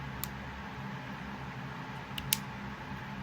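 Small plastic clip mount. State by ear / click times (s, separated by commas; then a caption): seated / 2.3 s. A magnetic quick-release mount with clips on both sides is attached to a DJI Osmo Action 5 Pro action camera over a steady low background hum. Sharp plastic clicks sound at about 0.2 s and 2.2 s, then a strongest click at 2.3 s as the mount locks onto the camera.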